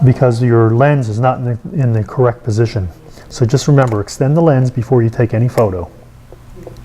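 A man talks over the handling of an Argus A2B camera's spring-loaded collapsible lens, which is turned to extend it and lock it into the camera body. A few faint, brief ticks come near the end, around 6.3, 6.7 and 6.8 s. The lens has not yet snapped into place, and nothing has seated or clicked yet.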